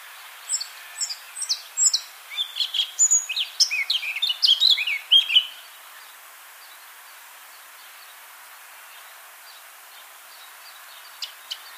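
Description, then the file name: Eurasian blackcap song: a series of high scratchy notes building into a rich warbling phrase, followed by long quiet with one or two faint clicks. "Sylvia atricapilla"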